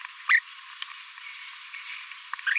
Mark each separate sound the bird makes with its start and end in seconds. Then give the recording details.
0.29-0.40. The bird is a male. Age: 26 days. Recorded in a nest box in Venezuela. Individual 17B42A3